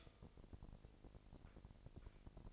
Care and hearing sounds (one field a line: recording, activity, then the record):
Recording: daily activity, microphone in the room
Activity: stop toaster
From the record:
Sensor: 5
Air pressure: 1007.4 hPa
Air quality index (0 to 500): 125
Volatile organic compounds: 1 ppm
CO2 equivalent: 955 ppm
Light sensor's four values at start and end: 25/59/24/24 and 25/59/24/24